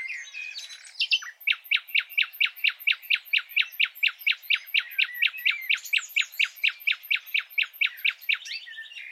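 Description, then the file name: Common nightingale singing a long, steady series of loud repeated notes, with varied twittering before and after. "Luscinia megarhynchos"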